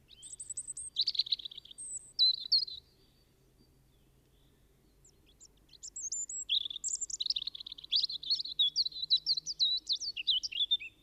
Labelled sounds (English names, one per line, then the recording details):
European Robin song
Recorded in the wild
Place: Pfälzerwald, Haardt, Rheinland-Pfalz, DE
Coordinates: 49.319, 8.0837
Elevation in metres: 669
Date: 1976-04-20
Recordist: Tretzel, Erwin